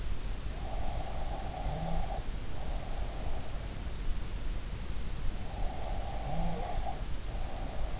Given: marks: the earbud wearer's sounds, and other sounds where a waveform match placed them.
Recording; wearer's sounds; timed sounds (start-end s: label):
sounds in sleep by an in-ear microphone; breath
0.88-3.48 s: breath
5.60-8.00 s: breath